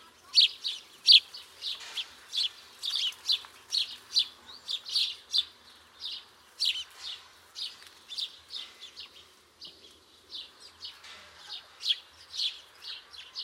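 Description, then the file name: House sparrow chirping continuously in dense, irregular runs. "Passer domesticus"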